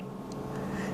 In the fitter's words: And uh I I don't hear a click here, but hold on.